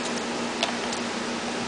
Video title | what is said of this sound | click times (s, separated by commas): How I built the remote controled electric start EU2000iS part 2 | push it in until you feel a snap a | 0.6 s